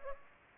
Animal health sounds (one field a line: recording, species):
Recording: mosquito wingbeat signal from an infrared sensor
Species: Aedes aegypti